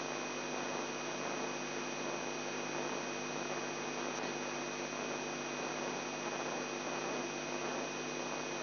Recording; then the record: brain microelectrode recording played as sound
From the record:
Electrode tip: inside the subthalamic nucleus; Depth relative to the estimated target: 2 mm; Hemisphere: left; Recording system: AlphaMap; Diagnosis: Parkinson's disease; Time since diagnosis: 11 years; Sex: male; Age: 42 years